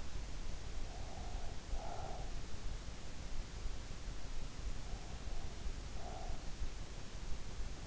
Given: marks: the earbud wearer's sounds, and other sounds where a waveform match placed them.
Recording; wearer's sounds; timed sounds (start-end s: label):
sounds in sleep by an in-ear microphone; breath
0.84-2.36 s: breath
4.83-6.43 s: breath